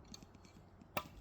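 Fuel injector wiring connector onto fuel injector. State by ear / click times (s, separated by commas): seated / 1.0 s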